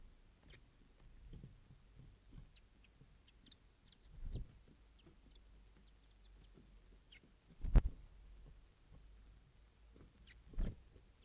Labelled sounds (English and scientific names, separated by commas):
Western Bonelli's Warbler (Phylloscopus bonelli) begging call